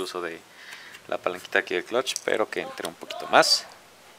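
While reassembling a Golf Mk2 gearbox, the metal clutch release lever is pushed a little further onto its shaft in the gearbox housing as someone talks. Nothing has seated or clicked into place yet by the end of the clip.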